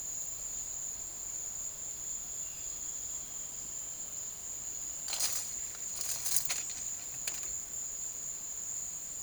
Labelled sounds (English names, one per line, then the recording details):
none
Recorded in secondary vegetation near Puerto Asís, Putumayo, Colombia, on 12 March 2025 at 14:30
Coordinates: 0.489, -76.322
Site G042